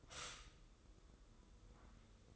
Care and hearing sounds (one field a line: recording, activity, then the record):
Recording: daily activity, microphone in the room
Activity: stop toaster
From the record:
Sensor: 3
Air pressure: 995.3 hPa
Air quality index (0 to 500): 73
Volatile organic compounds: 4 ppm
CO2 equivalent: 1699 ppm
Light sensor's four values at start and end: 17/52/22/18 and 17/52/22/19